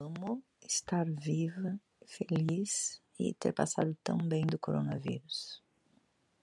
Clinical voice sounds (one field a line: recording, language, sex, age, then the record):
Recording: short text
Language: Brazilian Portuguese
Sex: female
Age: 60 to 69 years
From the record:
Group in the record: control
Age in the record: 61 years